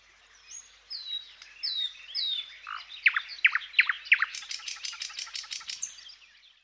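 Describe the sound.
Thrush nightingale song opening with high whistled slurs, then loud descending chopped notes and a fast rattling series of clicks.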